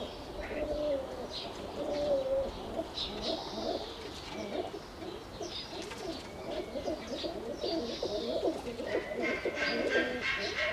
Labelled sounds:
Rock Dove (Columba livia) call
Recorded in captivity
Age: adult
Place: Tierpark Berlin, Berlin, DE
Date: 1981-04-18 10:12
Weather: sunny, 1-6°C
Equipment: Nagra SN, Kopie Uher 4200
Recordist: Tembrock, Günter

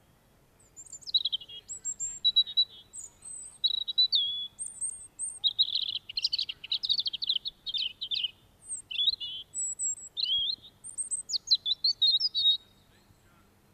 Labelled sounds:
European Robin (Erithacus rubecula) song
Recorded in the wild
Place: Garmisch-Partenkirchen, Bayern, DE
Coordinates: 47.5203, 11.0819
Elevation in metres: 847
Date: 1972-04-01
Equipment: Nagra
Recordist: Tretzel, Erwin

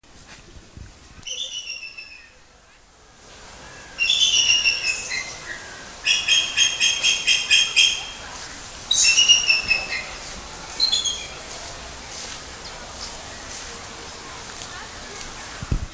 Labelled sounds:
Bald Eagle (Haliaeetus leucocephalus) call
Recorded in captivity
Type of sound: call sequence
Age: adult
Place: Zoo Berlin, Berlin, DE
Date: 2001-08-14 12:12
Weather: heiter, 24 - 26°C
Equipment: Marantz CP 130, Sennheiser MKH 416, Kopie Uher 4000 Report Monitor
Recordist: Tembrock, Günter
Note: 4:45 - 5:14 und 5:41 - 6:11 min)

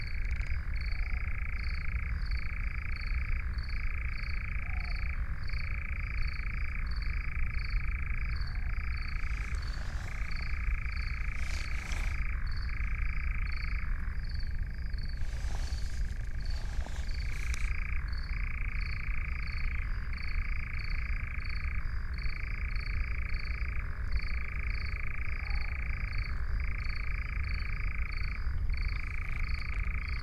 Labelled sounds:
Eurasian Nightjar (Caprimulgus europaeus)
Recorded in the wild
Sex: male
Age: adult
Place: Schönow, Naturpark Barnim, Brandenburg, DE
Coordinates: 52.6914, 13.5069
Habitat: meadow
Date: 2009-06-08 22:10
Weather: heiter, ca. 20 °C
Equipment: Sound Devices 702, Rode NT1-A Stereopaar
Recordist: Frommolt, Karl-Heinz

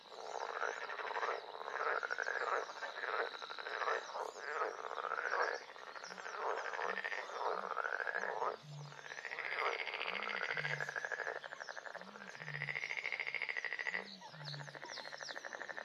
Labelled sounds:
Edible Frog (Pelophylax esculentus) call
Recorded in the wild
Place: Kützerhof, Kummerower See, Mecklenburg-Vorpommern, DE
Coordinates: 53.8531, 12.8686
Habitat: wetland
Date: 2010-06-22
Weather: heiter, 9°C, schwacher Wind
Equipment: Sound Devices 702, Rode NT1-A Stereopaar
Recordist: Frommolt, Karl-Heinz

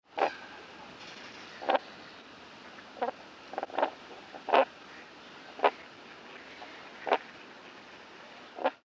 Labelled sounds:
Common Crane (Grus grus)
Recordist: Tembrock, Günter
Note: Kurzlaute beim Umherlaufen

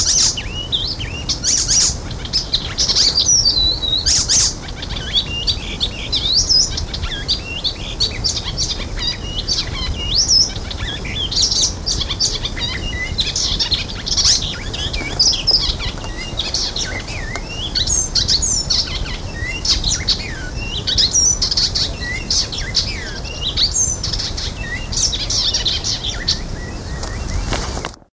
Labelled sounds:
Icterine Warbler (Hippolais icterina) call
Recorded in the wild
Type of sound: call
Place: Steinhuder Meer, Niedersachsen, DE
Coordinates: 52.4734, 9.33772
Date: 1986-06-20 21:00
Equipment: Halbspur, 9,5 cm/s
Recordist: Lütgens, Hans
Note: Vogeldamm, Rufe

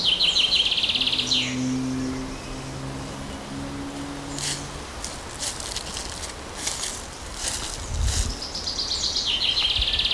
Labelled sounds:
Common Chaffinch (Fringilla coelebs) song
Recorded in the wild
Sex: male
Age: adult
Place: Forsthaus Dreilinden, Wannsee, Berlin, DE
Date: 1997-06-08 15:51
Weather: fair, ca. 26°C, gusty winds
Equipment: Nagra SN, Kopie Uher 4000 Report Monitor
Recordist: Tembrock, Günter
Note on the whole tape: Männchen: Gesang (zwei Strophentypen), zwei Exemplare

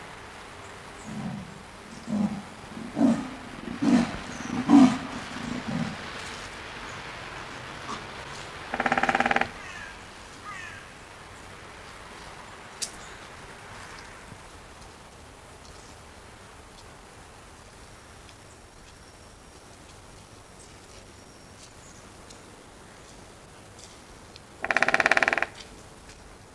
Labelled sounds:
Great Spotted Woodpecker (Dendrocopos major) drumming
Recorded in the wild
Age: adult
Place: Zoo Rostock, Mecklenburg-Vorpommern, DE
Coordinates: 54.08, 12.08
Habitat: park
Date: 1984-02-02 12:00
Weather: bedeckt, 2°C
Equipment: Nagra SN, Kopie Uher 4000 Report Monitor
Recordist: Tembrock, Günter

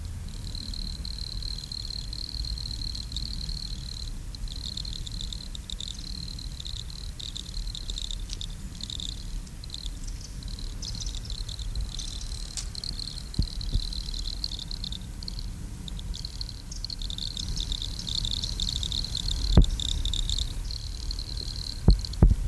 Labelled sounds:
Wood Cricket (Nemobius sylvestris) stridulation
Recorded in the wild
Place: Gößweinstein, Fränkische Schweiz, Bayern, DE
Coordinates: 49.72, 11.07
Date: 1995-09-06 10:29
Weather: schwach sonnig, 16,6°C
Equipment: Nagra SN, Sennheiser ME 80, Kopie Uher 4000 Report Monitor
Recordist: Tembrock, Günter
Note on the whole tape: Am Sportplatz (Waldrand): Lautfolgen (mehrere Tiere)

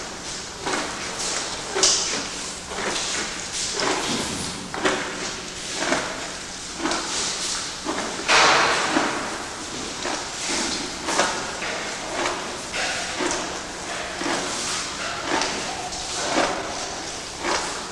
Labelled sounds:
Black Rhinoceros (Diceros bicornis)
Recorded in captivity
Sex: female
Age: adult
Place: Zoo Berlin, Berlin, DE
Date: 1986-02-07
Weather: sunny, -10°C
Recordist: Tembrock, Günter

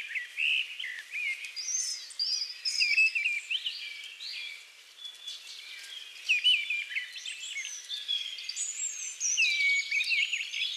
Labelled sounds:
Mistle Thrush (Turdus viscivorus) song
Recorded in the wild
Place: Kandel /Schwarzwald; Waldkirch, Baden-Württemberg, DE
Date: 2000-06-02
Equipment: MiniDisc Sharp MT 20 H
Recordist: Schwarz, Dieter
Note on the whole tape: Song

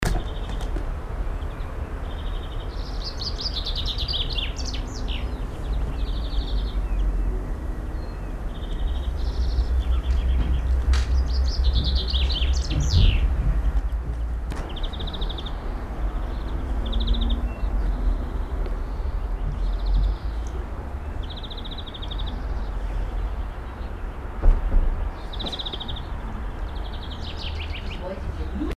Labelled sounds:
Common Chaffinch (Fringilla coelebs) song, European Greenfinch (Chloris chloris)
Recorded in the wild
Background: Chloris chloris
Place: Oberstdorf, Bayern, DE
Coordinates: 47.415, 10.2603
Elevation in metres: 889
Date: 1980-04-05
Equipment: Uher 4000 Report
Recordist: Tretzel, Erwin
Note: Karsonnabend, Hotel Adula, Oberstdorf: Gesang

